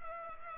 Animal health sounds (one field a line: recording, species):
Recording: mosquito wingbeat signal from an infrared sensor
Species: Culex pipiens